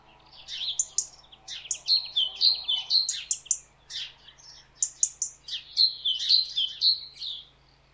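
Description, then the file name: Great tit calling, a busy run of sharp high notes and repeated two-part chinking phrases dropping from high to lower pitch, with a low steady hum underneath. "Parus major"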